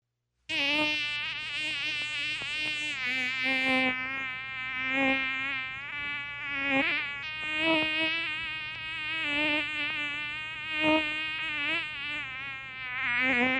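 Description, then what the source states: Bee buzzing, a steady droning hum that wavers in pitch and swells and fades in loudness, with no other sounds. A single bee.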